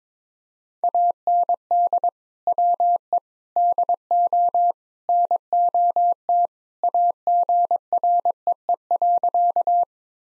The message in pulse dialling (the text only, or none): none